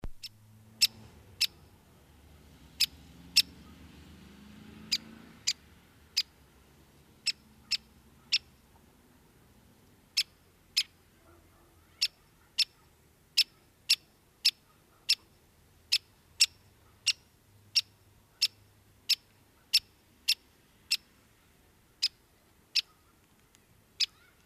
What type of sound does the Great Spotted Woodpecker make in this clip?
call